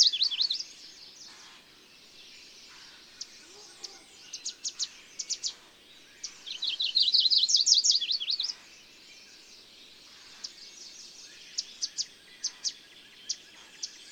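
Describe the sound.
Bird song: scattered high chirps and short bursts lead into a fast rolling trill in the middle, with sparse sharp chirps afterward.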